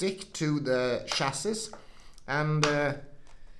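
Someone talks while the plastic bottom cover of a Dell Inspiron 16 Plus laptop is handled and pressed onto the chassis so its edge clips can snap into place. Nothing has seated or clicked yet.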